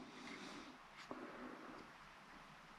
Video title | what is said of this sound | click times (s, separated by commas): Ameta S20 Lite Beginner Drone: REVIEW | push it in until it clicks | 1.1 s